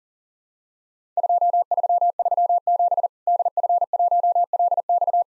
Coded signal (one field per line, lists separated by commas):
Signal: Morse code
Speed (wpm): 40 wpm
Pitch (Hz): 700 Hz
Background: none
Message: 2337 DF1LX